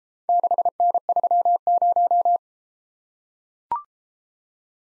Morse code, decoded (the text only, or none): 6N30